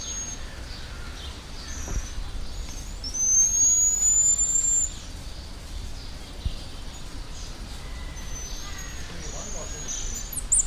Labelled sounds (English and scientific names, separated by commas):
White-headed Marmoset (Callithrix geoffroyi) call